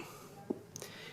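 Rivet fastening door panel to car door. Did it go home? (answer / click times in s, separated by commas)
yes / 0.8 s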